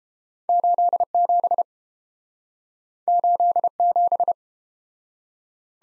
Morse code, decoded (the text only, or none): 87 87